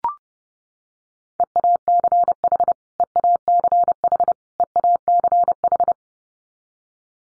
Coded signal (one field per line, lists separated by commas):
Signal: Morse code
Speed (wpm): 30 wpm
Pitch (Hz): 700 Hz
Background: none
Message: EACH EACH EACH